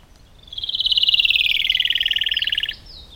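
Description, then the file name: Rufous-tailed robin: one loud, rapid, rattling trill lasting about two seconds, starting high and gently descending, with a short high flourish at its end. "robin-rufous-tailed -Larvivora-sibilans"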